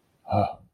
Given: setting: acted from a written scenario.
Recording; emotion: vocal sound without words; serenity